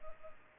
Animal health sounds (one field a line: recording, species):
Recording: mosquito wingbeat signal from an infrared sensor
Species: Culex pipiens